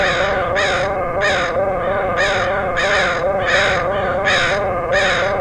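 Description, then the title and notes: Crows calling with several loud rasping caws in quick succession, against a persistent low droning sound. Crows recorded in Portland, Oregon, August 2003. "Dronecast: Crows of Portland. Crows recorded by Dan Bodah in Portland, OR, August 2003"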